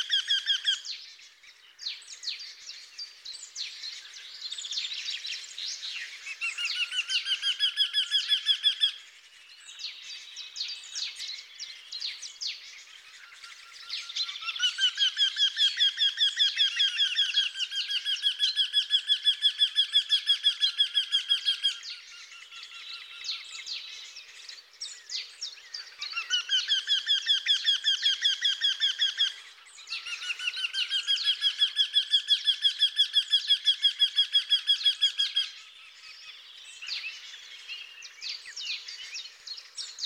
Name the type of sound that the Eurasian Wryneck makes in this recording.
song